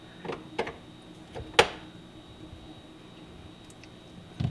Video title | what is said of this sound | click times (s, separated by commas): Garbage Disposal Replacement for Beginners(InSinkErator with EZ connect cord) | so that it locks into place | 1.6 s